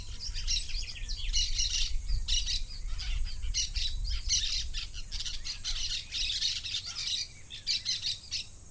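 Parakeet chirping, rapid scratchy high notes in clustered bursts, with a steady low-pitched background hum.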